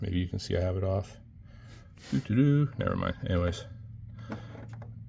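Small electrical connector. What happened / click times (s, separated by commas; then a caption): Handled, not yet home: the connector has not clicked on / none. Someone talks while handling the disconnected quick-release connector on the engine power wire of a race car, followed by a few faint handling ticks near the end. The connector has not clicked or seated yet.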